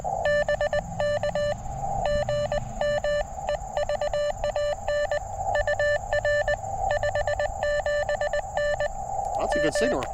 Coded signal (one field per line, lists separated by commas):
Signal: Morse code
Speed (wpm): 23 wpm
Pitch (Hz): 590 Hz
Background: speech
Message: BK GM EVAN UR 57N M